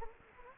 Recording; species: mosquito wingbeat signal from an infrared sensor; Anopheles gambiae